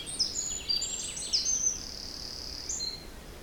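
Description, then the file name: Birds singing in a mixed chorus, high thin whistles and sweeping trills overlapping, with one long buzzy high note held for about a second. Forest in spring, windy at 3 Beaufort, recorded at 1 pm. "Forest Spring Birds Windy 3 bft 1 pm"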